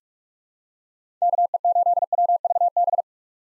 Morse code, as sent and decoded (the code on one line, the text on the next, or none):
-.- . ---.. .-- ...- -...
KE8WVB